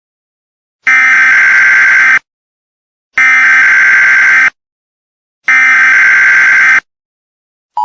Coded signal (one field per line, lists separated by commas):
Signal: Emergency Alert System (SAME) tones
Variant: header bursts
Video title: EAS Scenario - NP Cable Anti-Piracy